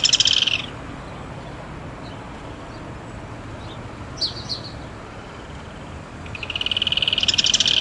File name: canto do curutie